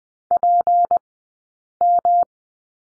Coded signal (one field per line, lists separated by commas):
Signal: Morse code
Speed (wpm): 20 wpm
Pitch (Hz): 700 Hz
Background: none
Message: PM